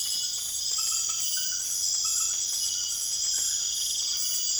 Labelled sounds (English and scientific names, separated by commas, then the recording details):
none
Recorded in secondary vegetation near Puerto Asís, Putumayo, Colombia, on 24 June 2025
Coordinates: 0.488, -76.319
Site G094